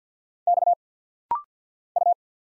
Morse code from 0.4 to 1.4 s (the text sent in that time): X